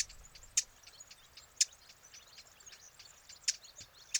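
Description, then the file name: Eurasian blackcap sharp clicking tack calls, four loud dry ticks at irregular intervals, with softer ticks scattered between. "Sylvia atricapilla"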